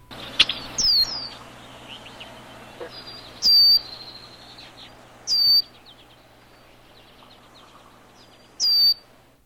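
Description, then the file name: Red-winged blackbird giving short, thin, high whistles spaced a few seconds apart over a low background hum. "Red Winged BB"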